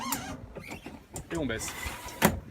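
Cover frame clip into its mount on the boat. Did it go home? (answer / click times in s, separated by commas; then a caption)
no / none. A clip on a boat cover frame is pressed and the section is lowered toward its mount on the boat, with someone talking throughout. Short knocks and a sharp handling hit are heard as the frame moves. Nothing has seated or clicked into place yet.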